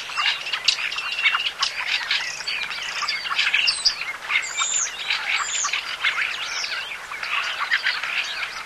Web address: bbc Bird Song Site Fieldfare - Litorne, Tourdelle